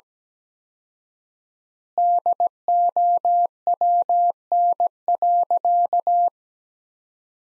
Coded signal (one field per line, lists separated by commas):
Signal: Morse code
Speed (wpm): 17 wpm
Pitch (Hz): 700 Hz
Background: none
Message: DOWN.